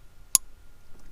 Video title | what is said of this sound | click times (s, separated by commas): 4th GEN Ram 2500/3500 Pedal Commander Install | there's the click alright so the wires are all good to go | 0.3 s